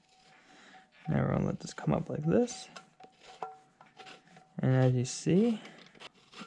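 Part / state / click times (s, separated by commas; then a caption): valve spring retainer and keepers onto a valve stem in a motorcycle cylinder head / seated / 3.4 s. A spring compressor is let off on a Kawasaki Mojave 250 motorcycle cylinder head, so the compressed valve spring rises and the retainer closes onto the split keepers (collets) on the steel valve stem. Between bursts of talk, a short sharp click at 3.4 s marks the keepers seating in the retainer, with fainter clicks after it. The valve is locked into place.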